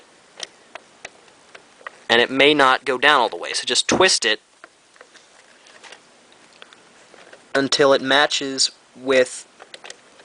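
A plastic RC wheel is slid onto the axle of a 1/10 scale car and twisted by hand so its hex lines up with the drive hex, while someone talks. Only small handling ticks are heard. Nothing has seated or clicked yet.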